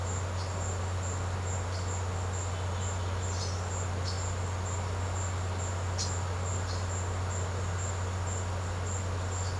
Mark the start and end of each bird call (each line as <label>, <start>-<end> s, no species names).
bird call, 3.34-3.58 s
bird call, 4.03-4.17 s
bird call, 5.95-6.12 s
bird call, 6.68-6.88 s